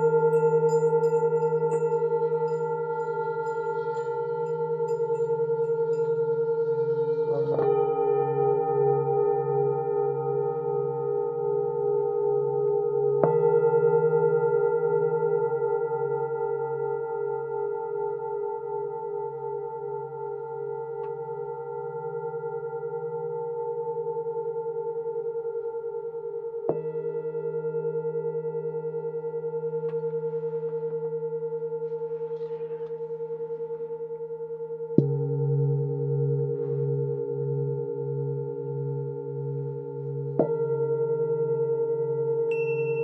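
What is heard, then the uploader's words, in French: Tibetan singing bowls ring in long, wavering tones, a new bowl struck every several seconds, near 7, 13, 27, 35 and 40 seconds. Bols tibétains.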